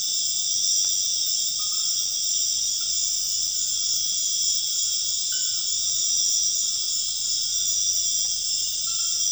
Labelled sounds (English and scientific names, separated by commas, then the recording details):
none
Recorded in dense forest near Puerto Asís, Putumayo, Colombia, on 4 March 2025 at 00:30
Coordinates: 0.481, -76.323
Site G088